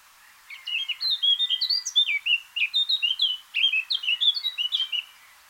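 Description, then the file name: Eurasian blackcap song: a long, fluent warble of many quick, varied whistled notes, sweeping up and down in rapid succession with scarcely a break. "Sylvia atricapilla"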